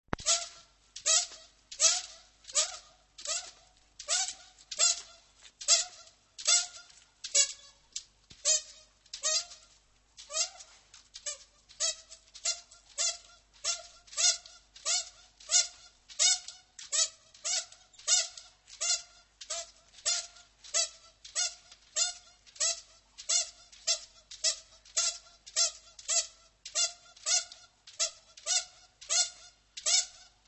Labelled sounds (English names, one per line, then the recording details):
Spectacled Bear call
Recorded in captivity
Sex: female
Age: adult
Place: Tiergarten Nürnberg, Bayern, DE
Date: 1998-11-13 15:50
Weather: overcast, ca. 2-3°C
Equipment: Sony MD-WM MZ-R3, Sennheiser MKH 416 T, Kopie Uher 4000 Report Monitor
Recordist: Tembrock, Günter
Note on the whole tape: Wohl Weibchen: Rhythmische Lautfolgen, während dessen an der Tür zum Innenraum aufrecht sitzend, mit beiden Vorderpfoten scharrend (Entfernung ca. 15 m)